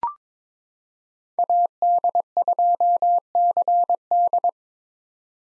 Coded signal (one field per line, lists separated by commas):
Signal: Morse code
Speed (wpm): 22 wpm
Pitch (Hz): 700 Hz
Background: none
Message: AD2CD